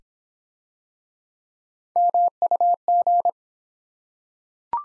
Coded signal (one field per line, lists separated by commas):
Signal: Morse code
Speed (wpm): 26 wpm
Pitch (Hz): 700 Hz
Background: none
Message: MUG